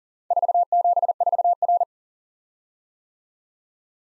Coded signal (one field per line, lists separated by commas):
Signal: Morse code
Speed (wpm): 40 wpm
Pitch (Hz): 700 Hz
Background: none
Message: 474R